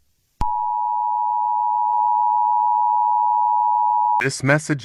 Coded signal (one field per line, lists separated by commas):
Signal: Emergency Alert System (SAME) tones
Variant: 853 and 960 Hz attention tone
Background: speech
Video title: EAS Scenario - The Radio Demon (Hazbin Hotel)